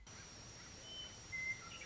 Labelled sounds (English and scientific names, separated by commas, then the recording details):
Western Meadowlark (Sturnella neglecta)
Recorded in Sonoma County, California